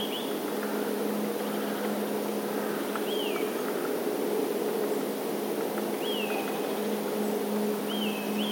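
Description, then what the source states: Eurasian nuthatch calling: clear whistled notes that slur up then down, given singly about every three seconds and ending in a quick pair, over a constant background hiss. Recorded on 5 December 2021.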